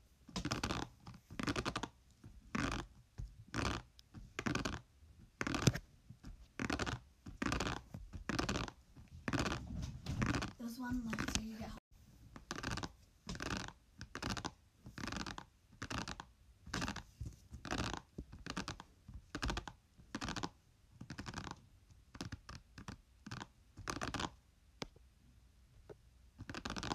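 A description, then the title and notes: Gentle hairbrush tapping in a steady, regular pattern of short, bright, bristly taps, roughly one to two per second, with brief silences between them. Near the eleven-second mark the taps blur into a short rubbing or scratching stretch before the even rhythm resumes. Gentle hairbrush tapping.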